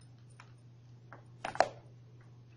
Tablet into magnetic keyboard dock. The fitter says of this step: it's magnetic pops right into place and